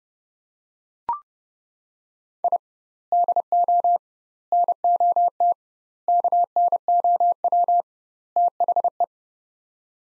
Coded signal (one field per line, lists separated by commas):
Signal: Morse code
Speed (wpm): 30 wpm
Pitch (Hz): 700 Hz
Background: none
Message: I DO NOT KNOW THE